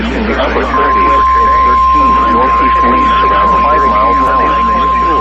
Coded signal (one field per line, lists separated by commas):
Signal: Emergency Alert System (SAME) tones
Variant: 1050 Hz attention tone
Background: speech